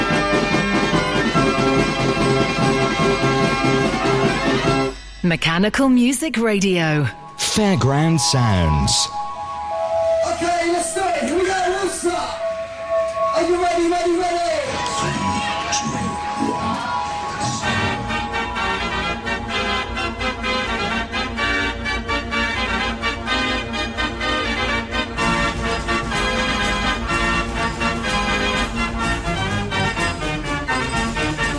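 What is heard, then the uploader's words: A busy fairground, with dense, loud, layered sound throughout. Around five to fifteen seconds, swooping rising and falling tones sweep through, like a ride's siren or whistle, over steady music and machinery. Voices and crowd noise run underneath the whole time. Fairground Sounds.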